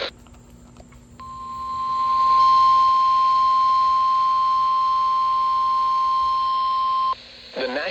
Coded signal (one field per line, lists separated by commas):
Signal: Emergency Alert System (SAME) tones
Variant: 1050 Hz attention tone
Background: speech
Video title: EAS Alerts From 7/17/25: A Compilation (EAS 940-945)